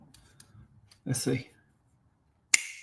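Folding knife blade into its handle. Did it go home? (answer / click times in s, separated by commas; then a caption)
yes / 2.5 s. A folding knife blade is pushed closed into its handle on a second try after not going all the way down. Faint small clicks and someone talking come first, then at 2.5 s the blade snaps fully into place with one loud, sharp snap. The blade is seated.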